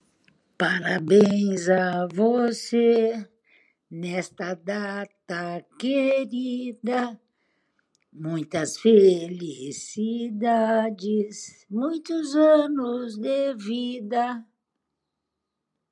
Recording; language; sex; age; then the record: short text; Brazilian Portuguese; female; 70 to 79 years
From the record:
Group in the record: control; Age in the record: 73 years